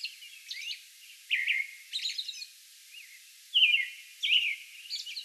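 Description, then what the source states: American robin singing slurred, warbled phrases separated by short gaps, plus softer high hissy notes between them. Song bout recorded May 11.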